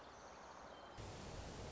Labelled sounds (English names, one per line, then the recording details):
Song Sparrow
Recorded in Sonoma County, California